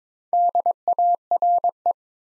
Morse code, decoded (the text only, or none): DARE